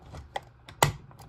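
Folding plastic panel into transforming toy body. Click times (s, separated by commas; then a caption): 0.8 s. A folding plastic panel on a transforming Star Optimus Prime toy figure is folded back into the toy body. Softer plastic clicks and handling noises lead up to a sharp snap at 0.8 s as the panel seats into place. No one talks.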